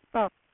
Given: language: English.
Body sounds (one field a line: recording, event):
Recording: throat vibration sensor signal played as sound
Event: speech